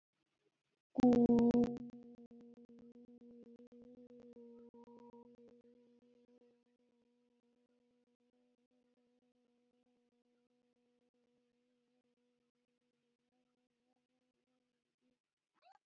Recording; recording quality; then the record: sustained vowel as in boot; excellent, no background noise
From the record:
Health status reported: healthy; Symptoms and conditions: asthma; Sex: female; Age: 21 years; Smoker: not ticked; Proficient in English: yes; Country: India